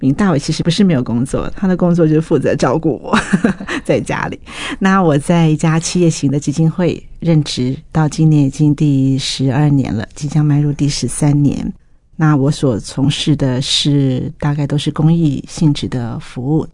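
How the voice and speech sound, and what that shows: A single adult woman, married for 24 years, speaks Mandarin fluently at a steady, conversational pace, with only brief pauses between phrases. Her voice is clear and smoothly voiced, with natural pitch movement and no hoarseness, strain or disfluency. This is ordinary, typical speech.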